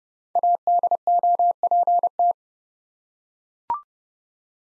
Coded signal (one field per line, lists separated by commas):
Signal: Morse code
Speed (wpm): 28 wpm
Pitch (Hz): 700 Hz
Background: none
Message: ADOPT